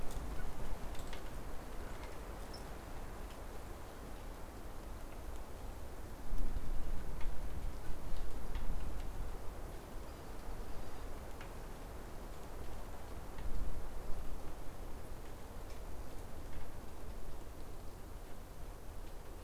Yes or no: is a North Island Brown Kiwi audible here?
no